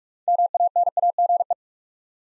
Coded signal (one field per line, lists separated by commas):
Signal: Morse code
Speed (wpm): 44 wpm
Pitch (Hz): 700 Hz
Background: none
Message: MANAGE